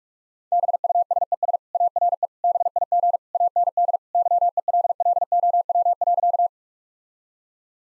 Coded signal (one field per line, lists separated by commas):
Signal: Morse code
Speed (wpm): 41 wpm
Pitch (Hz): 700 Hz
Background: none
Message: BUSES ARE BIG AND YELLOW.